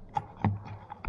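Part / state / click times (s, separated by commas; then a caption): plastic part onto its knob on a portable toilet cassette / seated / 0.2 s, 0.4 s. A plastic part is pushed onto the knob sticking out of a cleaned Thetford portable toilet cassette during reassembly. Sharp clicks land at 0.2 s and 0.5 s, and fainter taps follow near 0.9 s and 1.1 s. The part clicks into place and is seated.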